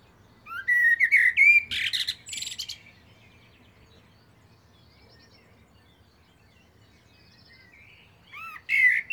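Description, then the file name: Common blackbird song: a fluted phrase merging into loud, dense high twittering, a long quiet stretch, then the start of another warbled phrase. "Turdus merula"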